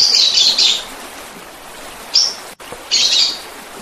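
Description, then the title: Oriental magpie-robin song: a high scratchy burst, a brief single chirp, then another scratchy burst, with constant hiss behind. "Kicau Kacer"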